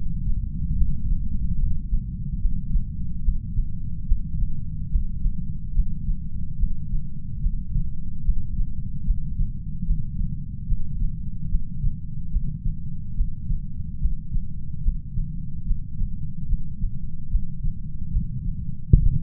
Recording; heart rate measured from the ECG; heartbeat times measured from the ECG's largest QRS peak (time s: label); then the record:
heart sounds by stethoscope; 73 bpm
0.74 s: heartbeat
1.56 s: heartbeat
2.37 s: heartbeat
3.21 s: heartbeat
4.04 s: heartbeat
4.88 s: heartbeat
5.72 s: heartbeat
6.56 s: heartbeat
7.39 s: heartbeat
8.21 s: heartbeat
9.03 s: heartbeat
9.83 s: heartbeat
10.65 s: heartbeat
11.47 s: heartbeat
12.29 s: heartbeat
13.13 s: heartbeat
13.97 s: heartbeat
14.80 s: heartbeat
15.63 s: heartbeat
16.45 s: heartbeat
17.27 s: heartbeat
18.09 s: heartbeat
18.89 s: heartbeat
From the record:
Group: healthy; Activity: breath hold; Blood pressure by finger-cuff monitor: 97/59 mmHg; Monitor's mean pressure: 74 mmHg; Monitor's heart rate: 73 bpm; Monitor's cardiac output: 6.4 L/min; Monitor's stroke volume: 88 mL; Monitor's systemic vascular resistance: 840 dyn s/cm5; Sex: female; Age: 26 years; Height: 165 cm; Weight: 55 kg